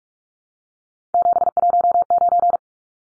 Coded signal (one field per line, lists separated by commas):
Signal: Morse code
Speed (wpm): 44 wpm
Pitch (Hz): 700 Hz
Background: none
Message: 719